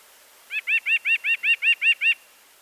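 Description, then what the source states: White-breasted Nuthatch song, a rapid run of about nine identical nasal notes repeated evenly over one and a half seconds, with no other sounds. Song is a repeated single note with a nasal quality, different in tone from the nasal 'ank' call.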